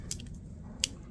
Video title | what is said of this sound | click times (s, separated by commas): Patrick's ADC Uncivilized Knife Review: Leatherman Signal, & Leatherman Micra, Spyderco Delica IV | goes in locks into place there you got a built-in Hammer | 0.8 s